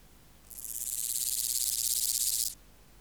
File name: Omocestus antigai